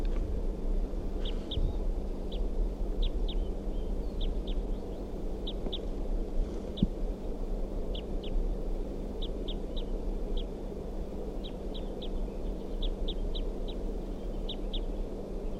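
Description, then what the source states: Crossbill calling with short, sharp high notes, often doubled, repeated irregularly throughout, over a constant low hum and rumbling background noise. Wild female calling from a ponderosa pine across the road after flying up from a captive bird's cage, about 4:53-4:55 p.m.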